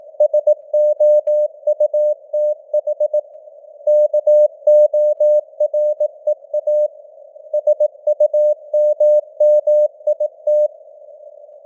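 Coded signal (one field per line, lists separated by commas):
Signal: Morse code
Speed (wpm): 18 wpm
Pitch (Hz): 600 Hz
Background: none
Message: SOUTH KOREA SUMMIT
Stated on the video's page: News headlines sent in Morse at 18 wpm with simulated radio noise and varying signal strength (QSB).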